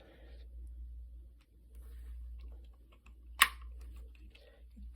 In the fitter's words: all right there you go it clicked into place